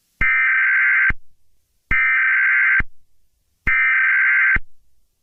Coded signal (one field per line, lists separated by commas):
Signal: Emergency Alert System (SAME) tones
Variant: header bursts